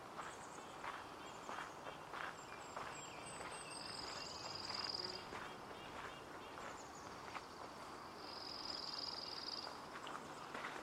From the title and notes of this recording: Hoyt Arboretum in Portland Oregon. A field recording only.